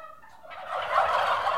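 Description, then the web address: Turkey gobbling: a soft tonal note, then a loud, rapid, rattling burst of warbled gobbles building through the second half. Several six-month-old turkeys, kept as livestock. "The BBC Sound Effects Library. Turkeys 6 Months Old"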